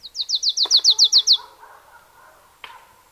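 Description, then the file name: Marsh tit delivering a quick run of many sharp, high, descending notes, followed by quiet background and a single click. "Poecile palustris"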